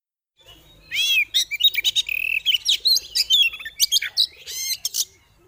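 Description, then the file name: Oriental magpie-robin singing a long, varied run of sharp whistles, rising sweeps and quick buzzy chatters, loud and nearly continuous after a short quiet start. Female, singing in ngeriwik and ngeplong styles. "Terapi Suara Burung Kacer Betina Ngeriwik Ngeplong"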